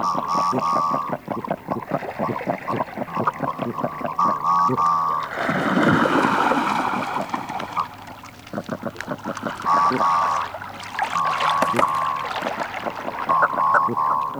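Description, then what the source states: Common merganser calling busily: rapid, uneven series of short knocking notes mixed with longer, rasping croaks, with a burst of rushing noise partway through. Field recording from Finland, released on a cassette of countryside birds in 1988.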